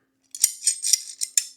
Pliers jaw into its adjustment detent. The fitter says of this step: then, of course, once you release this little lever here, it locks in place.